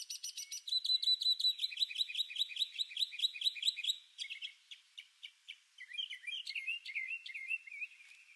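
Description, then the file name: Northern Mockingbird singing a varied run of high phrases, each note type repeated rapidly several times before switching to a new one, ending in warbled twittering. "Mimus polyglottos Northern Mockingbird"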